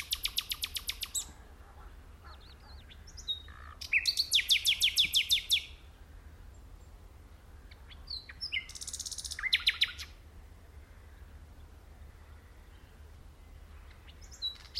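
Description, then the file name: Common nightingale song: three bursts of rapid repeated pulsed notes and slurred whistles, separated by pauses, with a quiet stretch at the end. "Luscinia megarhynchos"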